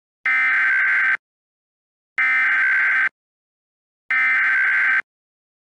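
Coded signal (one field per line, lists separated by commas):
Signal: Emergency Alert System (SAME) tones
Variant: header bursts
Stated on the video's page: Fictional EAS scenario, a fabricated alert production with added voice acting.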